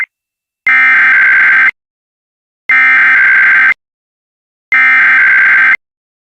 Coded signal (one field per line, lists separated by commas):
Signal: Emergency Alert System (SAME) tones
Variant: header bursts